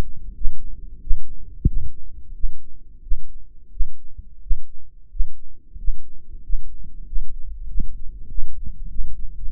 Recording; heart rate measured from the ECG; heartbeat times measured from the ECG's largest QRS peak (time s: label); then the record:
heart sounds by microphone in the right ear; 92 bpm
0.35 s: heartbeat
1.01 s: heartbeat
1.67 s: heartbeat
2.34 s: heartbeat
3.02 s: heartbeat
3.71 s: heartbeat
4.41 s: heartbeat
5.10 s: heartbeat
5.78 s: heartbeat
6.43 s: heartbeat
7.07 s: heartbeat
7.69 s: heartbeat
8.29 s: heartbeat
8.90 s: heartbeat
9.51 s: heartbeat
From the record:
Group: healthy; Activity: rest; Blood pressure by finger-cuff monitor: 111/52 mmHg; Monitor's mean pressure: 63 mmHg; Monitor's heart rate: 91 bpm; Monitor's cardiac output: 16.4 L/min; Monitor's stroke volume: 186 mL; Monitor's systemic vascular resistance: 260 dyn s/cm5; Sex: male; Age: 35 years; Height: 180 cm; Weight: 86.9 kg